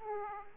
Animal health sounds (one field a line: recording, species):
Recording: mosquito wingbeat signal from an infrared sensor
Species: Aedes aegypti